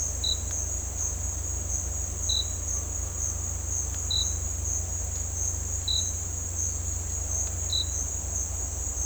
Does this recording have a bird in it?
no